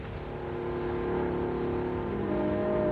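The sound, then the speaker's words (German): A propeller airplane engine drones steadily, a continuous low rumble with layered humming tones that holds an even loudness throughout, with no voices over it, in a radio play scene where Lindbergh speaks to his motor. “Lindbergh spricht mit seinem Motor. Lindbergh speaks to his motor.”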